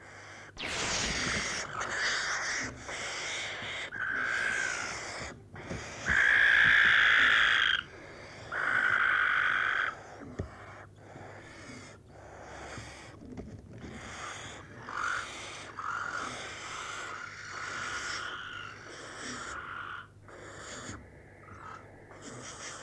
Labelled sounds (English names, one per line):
Western Barn Owl call